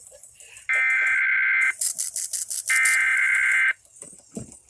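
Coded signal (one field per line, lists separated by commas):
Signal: Emergency Alert System (SAME) tones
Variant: header bursts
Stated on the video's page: Broadcast radio and TV stations carrying the Required Monthly Test.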